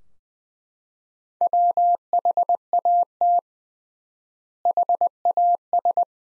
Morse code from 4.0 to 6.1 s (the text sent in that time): HAS